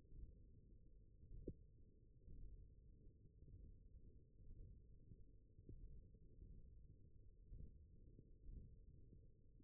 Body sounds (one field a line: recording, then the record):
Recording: forearm muscle sounds (acoustic myography)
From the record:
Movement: radial deviation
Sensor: system 1, eight BSWA MPA416 microphones around the upper forearm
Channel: 5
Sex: male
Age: 21 years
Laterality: right